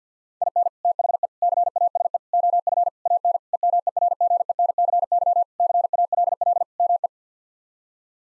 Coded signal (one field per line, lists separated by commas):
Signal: Morse code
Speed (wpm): 50 wpm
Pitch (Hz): 700 Hz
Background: none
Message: IN THE CASE OF AN EMERGENCY CALL ME